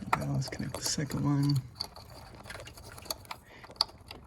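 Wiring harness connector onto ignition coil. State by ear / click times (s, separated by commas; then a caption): seated / 3.8 s. A second ignition coil's plastic electrical connector on the wiring harness is pushed onto the coil during a spark plug and coil install on a 2016+ Lexus GS350. Someone talks at the start, then a few soft handling taps follow. A sharp click at 3.8 s marks the connector seating.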